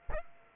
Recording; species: mosquito wingbeat signal from an infrared sensor; Aedes aegypti